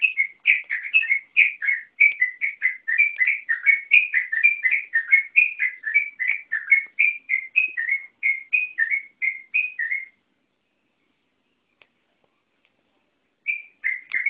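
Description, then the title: Yellow-vented Bulbul song: a fast, continuous run of short whistled notes for about ten seconds, a pause, then the phrases resume briefly near the end. "burung rucukan"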